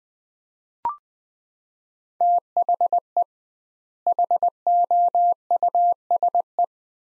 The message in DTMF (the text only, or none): none